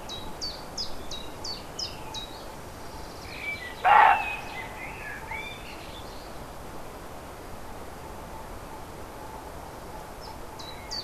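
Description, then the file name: Roe deer lets out a single harsh bark, accompanied by repeated high bird notes and light background noise. Recorded 5 May 2011 on an MZ-N710 recorder. "chevreuil 5 05 11"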